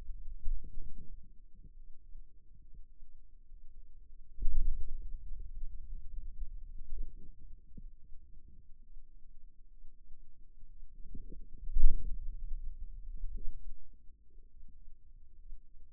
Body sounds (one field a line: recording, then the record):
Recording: forearm muscle sounds (acoustic myography)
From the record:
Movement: hand opening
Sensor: system 2, bracelet of six BSWA MPA416 microphones around the upper forearm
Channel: 1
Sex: male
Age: 22 years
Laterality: right